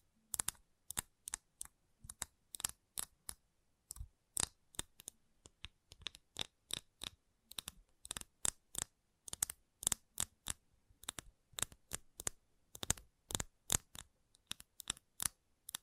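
Gentle tapping: crisp, bright little clicks, often in quick pairs or short clusters, about two or three per second. The rhythm stays uneven throughout, with brief silent gaps between taps and nothing else underneath.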